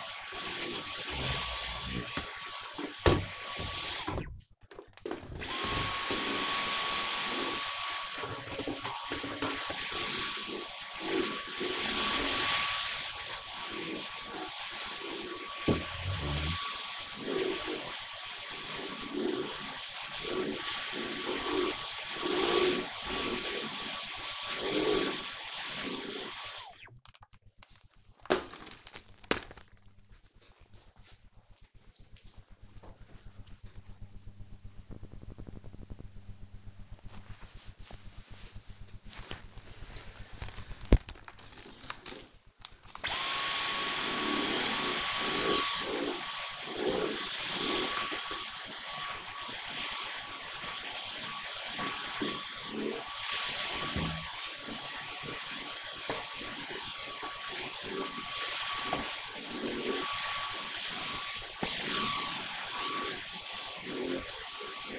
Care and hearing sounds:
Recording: household activities, microphone on the right wrist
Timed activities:
0.00-26.42 s: vacuum cleaning
38.54-64.99 s: vacuum cleaning

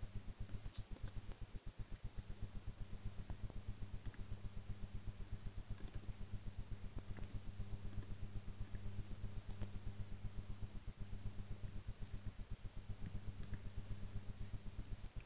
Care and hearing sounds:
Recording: household activities, microphone on the right wrist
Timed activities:
0.00-15.26 s: working on the computer

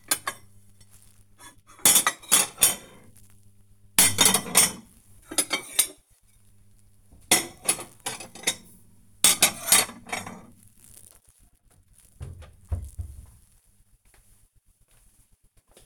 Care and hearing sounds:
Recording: household activities, microphone on the right wrist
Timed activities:
0.00-11.68 s: putting away the dishes

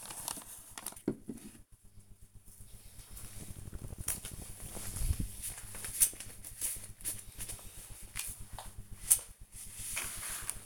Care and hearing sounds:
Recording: household activities, microphone on the right wrist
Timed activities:
0.00-4.29 s: sorting documents

